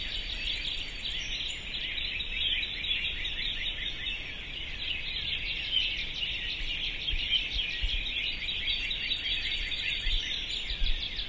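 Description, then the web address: Birds sing together in a long, unbroken chorus of high chirps and trills, with occasional louder notes near the end. "sounds djk sounds birds 0645 040905"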